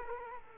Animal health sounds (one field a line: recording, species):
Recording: mosquito wingbeat signal from an infrared sensor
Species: Culex quinquefasciatus